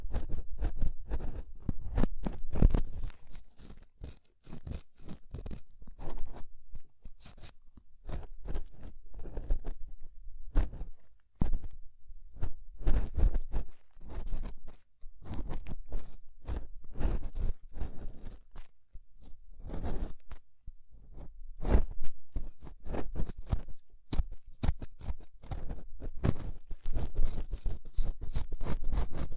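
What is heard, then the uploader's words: Ear scraping, with dense, irregular bursts of scratchy crunching that come several times a second for the whole clip. Each scrape is short and sharp, reaching from a low rumble up into bright hiss, with brief quieter gaps around 11 and 19 seconds. Inner and Outer Ear Scraping (No Talking).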